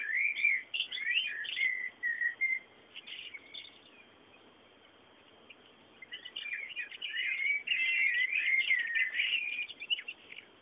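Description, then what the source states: Bird song, bursts of warbled, chirping phrases with several quick notes, pausing midway, then a denser chattering run, over a soft hiss. Background bird sounds.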